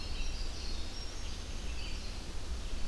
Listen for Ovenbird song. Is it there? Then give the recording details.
no. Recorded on 25 June 2016 at 05:41. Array SBT-6-76